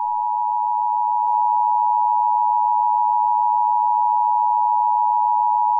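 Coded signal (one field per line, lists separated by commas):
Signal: Emergency Alert System (SAME) tones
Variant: 853 and 960 Hz attention tone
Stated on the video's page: Real severe thunderstorm warning with valid EAS tones and headers.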